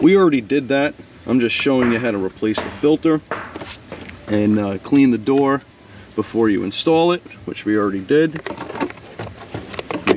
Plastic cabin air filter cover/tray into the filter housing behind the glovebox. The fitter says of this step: sure it snaps into place boom